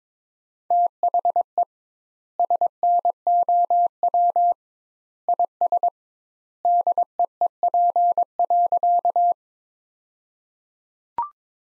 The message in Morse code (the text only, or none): THE SNOW IS DEEP.